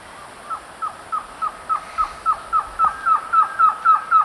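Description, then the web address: Green-backed trogon song: a steady series of many short, hollow notes, nearly four per second, growing louder through the run, over faint background hiss. Song recorded in the eastern lowlands of South America. "Natures Songs S America Eastern Lowlands Trogon viridis, song"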